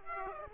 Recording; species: mosquito wingbeat signal from an infrared sensor; Aedes aegypti